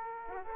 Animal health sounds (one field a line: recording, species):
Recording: mosquito wingbeat signal from an infrared sensor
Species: Aedes aegypti